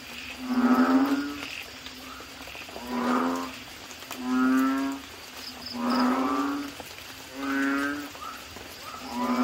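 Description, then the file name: Asian common toad calls as drawn-out, buzzy croaks rising and falling in waves about every one and a half seconds over a steady low hum. "suara kodok bangkong"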